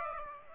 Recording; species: mosquito wingbeat signal from an infrared sensor; Aedes aegypti